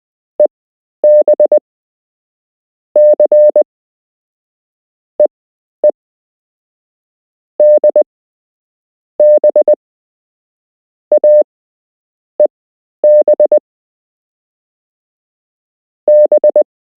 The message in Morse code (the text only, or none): EB C EE DB AEB B